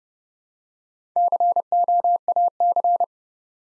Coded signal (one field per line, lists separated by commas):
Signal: Morse code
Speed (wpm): 28 wpm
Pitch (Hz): 700 Hz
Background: none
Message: COAC